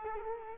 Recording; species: mosquito wingbeat signal from an infrared sensor; Culex quinquefasciatus